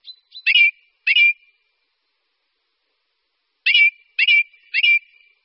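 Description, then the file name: Ring ouzel song: short, loud, slightly harsh fluty notes repeated in a pair, then a pause of about two seconds and three more matching notes; otherwise quiet. "Kos-horský"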